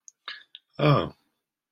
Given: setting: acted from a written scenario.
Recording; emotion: vocal sound without words; interest